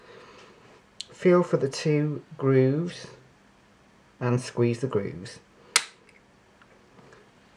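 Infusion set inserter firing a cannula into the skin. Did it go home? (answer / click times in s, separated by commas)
released / 5.8 s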